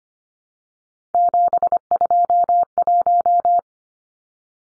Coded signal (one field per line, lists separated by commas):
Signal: Morse code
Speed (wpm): 25 wpm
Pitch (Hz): 700 Hz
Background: none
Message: 721